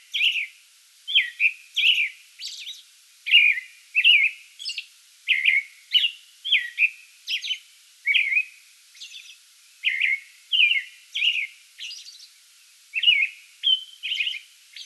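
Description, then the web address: American robin giving a long run of clear, caroling whistled phrases separated by brief pauses, with thin high notes interspersed. Pre-dawn song bout recorded 8 May 2022. "soundrecordings 2022-05-08 American Robin pre-dawn song bout"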